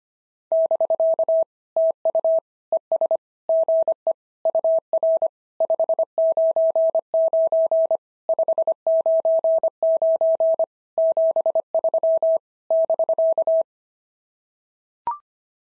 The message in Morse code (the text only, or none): <BK> TU ES GE UR 599 599 73 <BK>